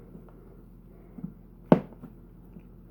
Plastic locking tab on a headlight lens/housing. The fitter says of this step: you hear the click